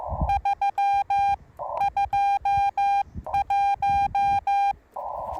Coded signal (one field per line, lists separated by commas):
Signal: Morse code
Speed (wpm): 15 wpm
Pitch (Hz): 810 Hz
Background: none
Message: 3 21